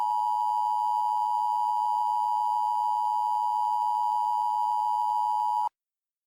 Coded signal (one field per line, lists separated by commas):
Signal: Emergency Alert System (SAME) tones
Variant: 853 and 960 Hz attention tone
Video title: EAS Mock 30: Descent